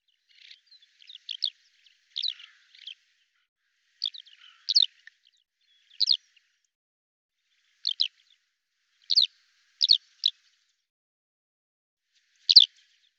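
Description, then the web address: Bird calls: a series of high, thin chirps, some in quick pairs or clusters, at irregular intervals throughout. "Deverinetal 2025 File cleaned normalized Bird Al Ar"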